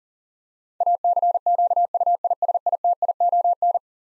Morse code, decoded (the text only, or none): ACQUISITION